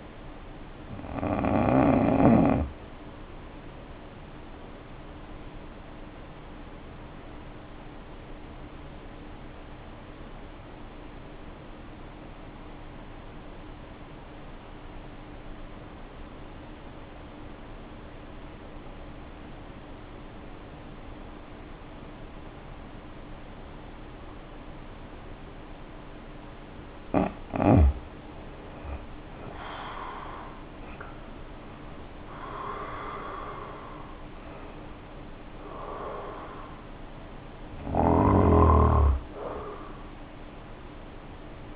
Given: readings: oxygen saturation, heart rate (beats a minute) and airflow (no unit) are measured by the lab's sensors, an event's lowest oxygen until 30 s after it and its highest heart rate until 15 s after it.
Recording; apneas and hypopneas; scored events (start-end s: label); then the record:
breathing in sleep by a voice recorder at the bedside; 1
7.00-26.80 s: hypopnea (N1, oxygen 89% highest, then 73% lowest, heart rate 58 at the start, 73 highest)
From the record:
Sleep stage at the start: N1 (lightest sleep); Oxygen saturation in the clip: 76 to 90%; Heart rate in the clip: 56 to 73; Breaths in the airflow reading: 13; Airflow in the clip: -3.7 to 4.0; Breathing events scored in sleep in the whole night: 520 in 7.2 hours asleep